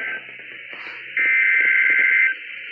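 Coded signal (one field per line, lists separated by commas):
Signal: Emergency Alert System (SAME) tones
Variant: header bursts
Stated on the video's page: Required weekly tests from NOAA Weather Radio stations WWG21 and KWO37.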